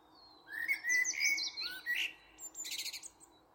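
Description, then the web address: Bird calls: bright chirped whistles slurring upward, a rapid sequence of varied notes, then a short buzzy trill at the end. "cianscape birddata Deverinetal 2025 Bird Only Tu Me Tu Me"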